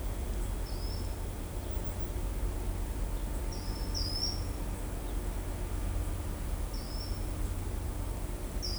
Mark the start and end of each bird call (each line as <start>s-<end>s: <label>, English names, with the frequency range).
0.62s-1.04s: Ochre-lored Flatbill (4.2-5.6 kHz)
3.51s-4.35s: Ochre-lored Flatbill (4.4-6.2 kHz)
6.69s-7.10s: Ochre-lored Flatbill (4.3-6.0 kHz)